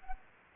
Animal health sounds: mosquito wingbeat signal from an infrared sensor; Anopheles gambiae

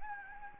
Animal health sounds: mosquito wingbeat signal from an infrared sensor; Anopheles gambiae

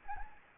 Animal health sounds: mosquito wingbeat signal from an infrared sensor; Anopheles gambiae

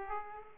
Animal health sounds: mosquito wingbeat signal from an infrared sensor; Aedes aegypti

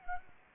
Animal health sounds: mosquito wingbeat signal from an infrared sensor; Aedes aegypti

